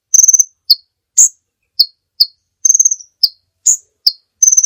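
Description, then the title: Bird calls: high piercing chips mixed with short rattling trills, delivered in quick alternation without pause for long. Master recording for training songbirds. "Master Burung Jos"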